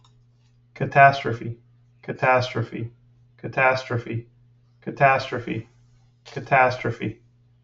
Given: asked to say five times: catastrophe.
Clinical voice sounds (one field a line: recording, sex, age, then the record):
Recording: repeated word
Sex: male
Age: 40 to 49 years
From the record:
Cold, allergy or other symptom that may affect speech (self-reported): no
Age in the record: 41 years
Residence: Florida, United States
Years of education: 18